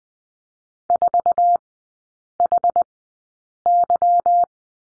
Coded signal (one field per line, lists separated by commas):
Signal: Morse code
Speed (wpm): 20 wpm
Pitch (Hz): 700 Hz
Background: none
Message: 4HY